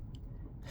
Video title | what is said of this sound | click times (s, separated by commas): 🚢 Symphony of the Seas Oceanview Cabin Tour | So when I push it back, it's going to snap in place, | 0.1 s